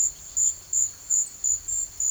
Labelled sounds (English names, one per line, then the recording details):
none
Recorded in pastures near Puerto Asís, Putumayo, Colombia, on 24 March 2025 at 16:30
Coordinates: 0.487, -76.322
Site G077